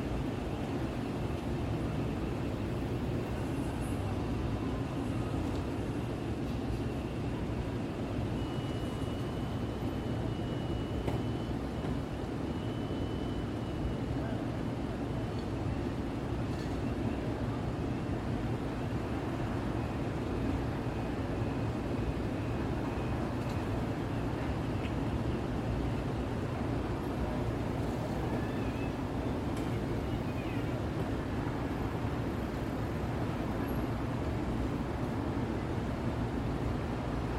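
A New York City night heard through an open window: a steady, dense traffic rumble that stays low and even throughout. A faint high whine drifts in around ten seconds, and a few soft clicks and brief passing noises surface over the constant hum.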